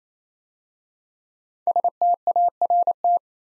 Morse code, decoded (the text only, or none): START